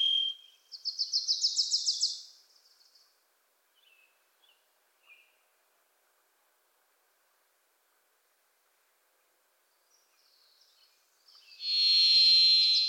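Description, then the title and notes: Varied thrush: a loud buzzy whistled note near the end, after a fast rising series of chips from another bird and scattered soft calls. Varied Thrush visiting the recordist in a Pacific Northwest forest; voice likened to crying 'Listen. Listen. Listen.'; a Wilson's Warbler sings alongside; unmastered recording. "The Varied Thrush, Ixoreus naevius, is a wisp in the forests of the Pacific Northwest."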